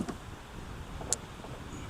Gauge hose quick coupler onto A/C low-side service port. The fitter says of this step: it also is locked into place.